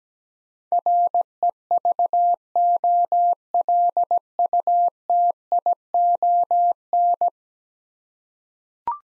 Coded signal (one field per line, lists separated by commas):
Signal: Morse code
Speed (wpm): 17 wpm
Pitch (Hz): 700 Hz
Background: none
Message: REVOLUTION